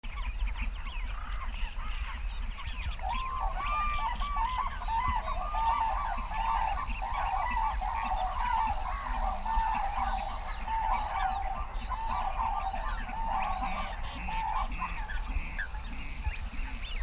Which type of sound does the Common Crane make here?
call